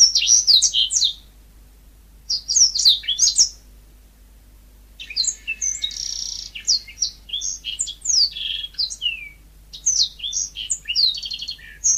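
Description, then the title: Oriental magpie-robin song: bursts of sharp, high whistles and chattering notes, with a buzzy trill in the middle and pauses between phrases; faint steady hum underneath. "Kicau Kacer"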